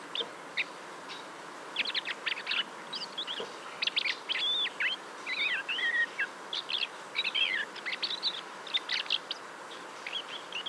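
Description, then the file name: Common blackbird calls: clusters of sharp chirps and twisting whistled notes, coming in irregular bursts with brief pauses over faint hiss. "Turdus merula"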